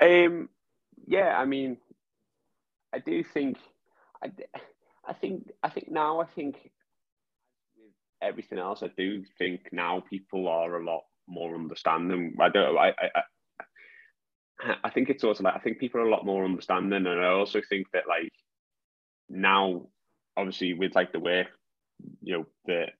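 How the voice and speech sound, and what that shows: Adult male speech with a mild stammer, present since childhood and much milder now than when growing up: glottal-onset repetitions of 'I', a stretched opening sound and pauses.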